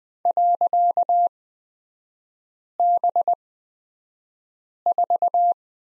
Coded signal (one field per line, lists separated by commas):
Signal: Morse code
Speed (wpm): 20 wpm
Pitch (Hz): 700 Hz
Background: none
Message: .B4